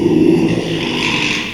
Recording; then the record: squeal of a Yucatan mini pig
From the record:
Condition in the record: after surgery on the right vocal fold (resection and tissue-engineered implant); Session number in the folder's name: 1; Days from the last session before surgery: 6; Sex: male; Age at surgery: 12 weeks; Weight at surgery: 13 kg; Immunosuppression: cyclosporine, prednisolone